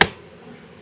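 A plastic trim piece on a 2021 Genesis GV80 is lined up and pushed into the mirror housing, and it seats with a sharp crackling snap at 0.0 s. The snap dies away within about a tenth of a second and leaves a faint low hum with no talk. The clips snap in and the piece is seated.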